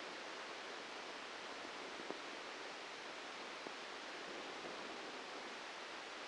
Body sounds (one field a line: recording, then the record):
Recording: brain microelectrode recording played as sound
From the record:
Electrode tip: outside the subthalamic nucleus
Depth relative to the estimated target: 2 mm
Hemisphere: left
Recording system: NeuroSet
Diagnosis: Parkinson's disease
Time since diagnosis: 13 years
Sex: male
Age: 63 years